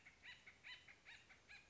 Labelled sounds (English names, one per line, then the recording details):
Acorn Woodpecker
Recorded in Sonoma County, California